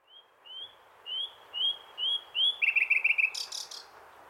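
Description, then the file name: Common nightingale song: a series of rising whistled notes repeated about every half second, then a fast dry rattling trill and a burst of harsh buzzy notes. "Luscinia megarhynchos"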